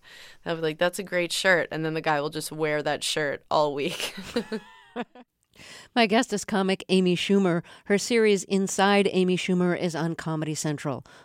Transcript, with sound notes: I'll be like that's a great shirt, and then the guy will just wear that shirt all week.
(LAUGHTER)
My guest is comic Amy Schumer. Her series "Inside Amy Schumer" is on Comedy Central.